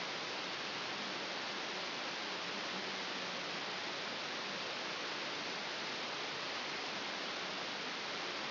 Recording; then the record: brain microelectrode recording played as sound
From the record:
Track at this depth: outside the subthalamic nucleus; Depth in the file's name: 7.505 mm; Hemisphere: left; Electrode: 2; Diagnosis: Parkinson's disease